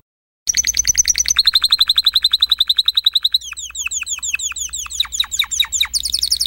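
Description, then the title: Oriental magpie-robin song after a short silence: a long rapid trill of repeated notes, shifting to quick descending whistled chips and a final high twittering burst. "Kicau Kacer"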